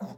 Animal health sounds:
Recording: pig call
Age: piglet (1 to 25 days)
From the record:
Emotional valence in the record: negative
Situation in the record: long isolation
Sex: female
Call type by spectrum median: low-frequency call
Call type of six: low-frequency modulated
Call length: 0.18 s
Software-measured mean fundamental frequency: 64 Hz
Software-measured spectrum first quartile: 196 Hz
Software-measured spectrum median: 309 Hz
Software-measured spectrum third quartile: 782 Hz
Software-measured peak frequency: 203 Hz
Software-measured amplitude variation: 146 dB a second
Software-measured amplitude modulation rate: 14.2 a second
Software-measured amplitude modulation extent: 10.3 dB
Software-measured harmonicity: 5.2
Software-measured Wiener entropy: -0.45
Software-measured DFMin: 1083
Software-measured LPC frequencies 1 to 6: 684, 3649, 5058, 6848, 7857, 9001 Hz

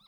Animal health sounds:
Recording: pig call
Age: piglet (1 to 25 days)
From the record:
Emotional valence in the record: positive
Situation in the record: short reunion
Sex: female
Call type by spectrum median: high-frequency call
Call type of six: low-frequency tonal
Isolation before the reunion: 3 minutes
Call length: 0.08 s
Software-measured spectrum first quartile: 865 Hz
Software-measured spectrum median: 3252 Hz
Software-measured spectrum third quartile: 4040 Hz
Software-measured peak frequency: 4003 Hz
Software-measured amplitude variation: 68 dB a second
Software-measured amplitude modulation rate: 6.2 a second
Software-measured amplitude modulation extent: 10.8 dB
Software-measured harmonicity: 8.6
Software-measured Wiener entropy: -2.99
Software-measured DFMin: 677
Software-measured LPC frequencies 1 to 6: 1236, 2340, 3620, 3937, 5076, 6402 Hz

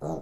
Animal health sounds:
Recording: pig call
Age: piglet (1 to 25 days)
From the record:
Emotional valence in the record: negative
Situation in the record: long isolation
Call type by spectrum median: low-frequency call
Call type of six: low-frequency stable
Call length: 0.21 s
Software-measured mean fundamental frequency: 78 Hz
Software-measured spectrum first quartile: 225 Hz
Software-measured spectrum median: 417 Hz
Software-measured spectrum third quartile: 659 Hz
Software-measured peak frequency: 632 Hz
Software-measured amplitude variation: 102 dB a second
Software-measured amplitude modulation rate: 20.9 a second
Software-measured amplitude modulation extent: 4.9 dB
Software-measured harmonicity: -0.3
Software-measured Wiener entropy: -0.30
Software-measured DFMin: 2042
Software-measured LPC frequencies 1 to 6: 468, 663, 3848, 5222, 6165, 6679 Hz

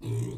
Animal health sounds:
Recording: pig call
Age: weaner (32 to 43 days)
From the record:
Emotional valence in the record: negative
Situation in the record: short isolation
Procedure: open field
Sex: female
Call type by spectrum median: low-frequency call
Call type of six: low-frequency stable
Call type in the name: low-frequency stable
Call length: 0.38 s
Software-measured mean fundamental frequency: 58 Hz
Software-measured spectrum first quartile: 117 Hz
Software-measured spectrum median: 192 Hz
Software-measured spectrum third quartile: 590 Hz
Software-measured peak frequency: 128 Hz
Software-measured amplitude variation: 101 dB a second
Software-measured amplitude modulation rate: 22.2 a second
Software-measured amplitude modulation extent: 4.5 dB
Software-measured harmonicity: 6.8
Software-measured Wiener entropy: -0.82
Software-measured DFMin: 1167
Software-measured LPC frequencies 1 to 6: 254, 2269, 3578, 6182, 7026, 8025 Hz

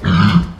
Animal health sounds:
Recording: pig call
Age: growing-finishing pig (85 days or more)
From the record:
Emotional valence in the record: positive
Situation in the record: run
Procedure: transit

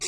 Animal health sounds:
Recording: pig call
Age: weaner (32 to 43 days)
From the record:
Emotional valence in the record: negative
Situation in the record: short isolation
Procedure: open field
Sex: female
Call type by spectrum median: high-frequency call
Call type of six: high-frequency stable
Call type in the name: high-frequency stable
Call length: 0.08 s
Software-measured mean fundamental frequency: 234 Hz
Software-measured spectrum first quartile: 2938 Hz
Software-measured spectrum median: 5384 Hz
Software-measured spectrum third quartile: 7117 Hz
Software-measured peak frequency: 7354 Hz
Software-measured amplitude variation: 35 dB a second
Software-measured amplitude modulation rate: 6.0 a second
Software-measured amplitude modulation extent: 5.8 dB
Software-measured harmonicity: 0.0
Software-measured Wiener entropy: -1.50

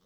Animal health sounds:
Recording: pig call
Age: piglet (1 to 25 days)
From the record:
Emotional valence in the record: positive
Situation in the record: short reunion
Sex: female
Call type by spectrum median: low-frequency call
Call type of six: low-frequency tonal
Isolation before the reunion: 3 minutes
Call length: 0.06 s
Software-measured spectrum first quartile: 359 Hz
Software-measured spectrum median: 1370 Hz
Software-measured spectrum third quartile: 5944 Hz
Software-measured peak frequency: 190 Hz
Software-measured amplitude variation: 13 dB a second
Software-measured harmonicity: 1.2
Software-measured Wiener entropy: -1.70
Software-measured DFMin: 587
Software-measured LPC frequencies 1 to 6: 1212, 3298, 3735, 4600, 5486, 6309 Hz

